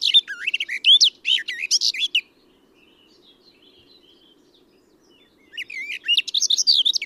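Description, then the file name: Eurasian blackcap song: a two-second tumbling warble, a quiet interval, then another hurried phrase of high twittering notes. "Sylvia atricapilla"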